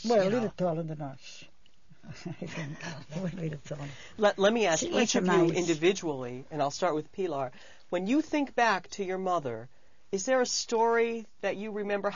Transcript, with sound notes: A little taller than us. ( she laughs )
Let me ask each of you individually, and I'll start with Pilar, when you think back to your mother is there a story that you remember?